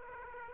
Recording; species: mosquito wingbeat signal from an infrared sensor; Aedes aegypti